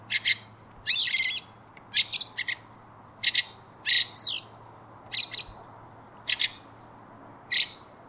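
Bird gives short bursts of bright, buzzy chirps at irregular intervals over a steady background hiss.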